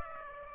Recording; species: mosquito wingbeat signal from an infrared sensor; Aedes aegypti